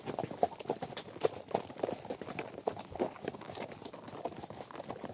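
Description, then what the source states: Horse hoofbeats at a walk, clops in an uneven rhythm. Horses walking, recorded from the rider's perspective.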